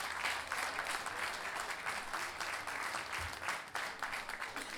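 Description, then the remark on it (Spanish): An audience at the 5th Fiesta Nacional de la Guitarra Grande claps steadily for several seconds for the accompanying musicians, a dense, even wash of many hands with no voices standing out and no pause in the sound. “Por favor, un aplauso para ellos y comiencen esta noche.”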